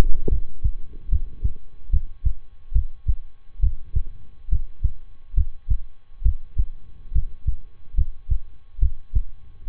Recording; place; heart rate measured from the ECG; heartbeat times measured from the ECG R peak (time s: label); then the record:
heart sounds by stethoscope; between the tricuspid and mitral areas; 70 bpm
0.28 s: heartbeat
1.08 s: heartbeat
1.89 s: heartbeat
2.72 s: heartbeat
3.59 s: heartbeat
4.48 s: heartbeat
5.34 s: heartbeat
6.22 s: heartbeat
7.11 s: heartbeat
7.94 s: heartbeat
8.78 s: heartbeat
9.66 s: heartbeat
From the record:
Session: rest, lying down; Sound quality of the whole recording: good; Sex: male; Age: 23 years